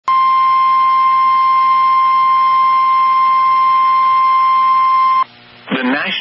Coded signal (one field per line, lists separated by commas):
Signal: Emergency Alert System (SAME) tones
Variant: 1050 Hz attention tone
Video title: Severe Thunderstorm Warning EAS Monroe Jefferson County Illinois Missouri 3 45 PM CT 7 16 23